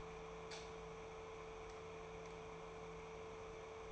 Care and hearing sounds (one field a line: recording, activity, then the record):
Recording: daily activity, microphone in the room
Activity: light on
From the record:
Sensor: 1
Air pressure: 1014.6 hPa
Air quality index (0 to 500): 178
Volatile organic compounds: 16 ppm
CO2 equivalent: 2522 ppm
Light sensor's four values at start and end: 14/34/14/16 and 17/49/19/21